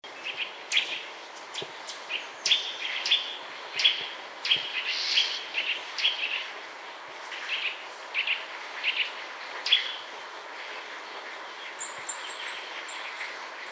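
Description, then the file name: Eurasian nuthatch gives a series of short, sharp high notes over steady background hiss, with a thin high twittering at the end. "Sitta europaea"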